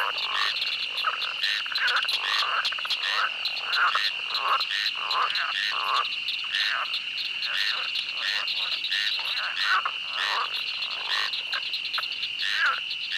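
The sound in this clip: Frog croaks in many quick repeated bursts over a steady high-pitched drone throughout.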